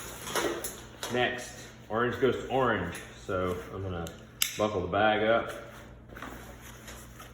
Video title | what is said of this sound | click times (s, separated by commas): Putting Your Initial Ascent Pack Together | the webbing loop on the hip belt, and I'm just gonna push it until you hear it click. | 0.7 s